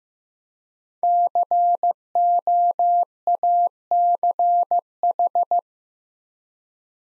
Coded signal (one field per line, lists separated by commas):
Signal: Morse code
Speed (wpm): 15 wpm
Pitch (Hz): 700 Hz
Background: none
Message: COACH